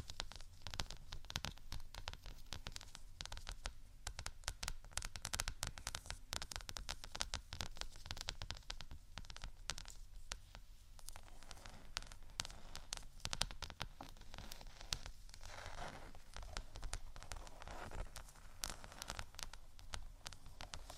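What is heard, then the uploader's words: Scratching and tapping go on for the whole stretch: dense, irregular clicks and brittle scrapes come thick and fast, with no pauses, almost like crackling or rain on a surface. A steady low rumble runs underneath, and the level hardly changes throughout. ScratchingTapping for Relaxation （No Talking）.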